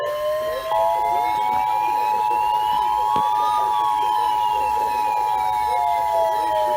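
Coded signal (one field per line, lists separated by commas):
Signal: Emergency Alert System (SAME) tones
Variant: 853 and 960 Hz attention tone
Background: speech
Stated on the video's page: SAME tones for Severe Thunderstorm Warnings on NOAA weather radio.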